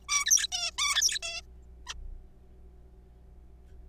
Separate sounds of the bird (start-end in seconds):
0.09-0.47, 0.52-0.71, 0.78-1.19, 1.23-1.41, 1.87-1.94